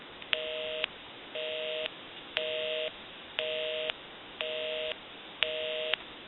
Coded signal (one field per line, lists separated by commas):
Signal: telephone call progress tone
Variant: North America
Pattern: busy tone